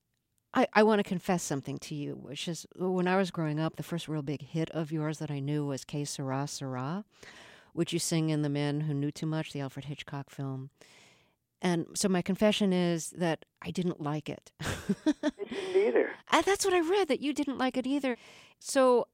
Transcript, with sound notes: I want to confess something to you, which is when I was growing up the first real big hit of yours that I knew was "Que Sera, Sera" which you sing in "The Man Who Knew Too Much," the Alfred Hitchcock film. And so my confession is that I didn't like it.
(LAUGHTER)
I didn't either.
That's what I've read, that you didn't like it either.